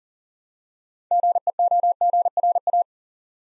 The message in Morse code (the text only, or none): GEOGRA